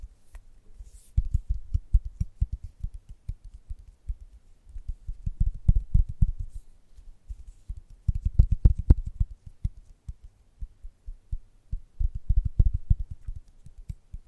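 Gentle tapping in quick, soft bursts, each a rapid patter of low, muffled taps lasting about two seconds. The bursts come at around 1, 5.5, 8.5 and 12.5 seconds with short quiet gaps between, and a few brighter clicks stand out.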